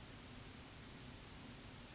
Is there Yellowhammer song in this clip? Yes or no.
no